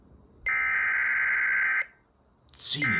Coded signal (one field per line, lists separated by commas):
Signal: Emergency Alert System (SAME) tones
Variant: header bursts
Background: speech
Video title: BULLSEYE'S GIFT BAG... EAS Alerts from 10/7/20 (EAS 3994-4032)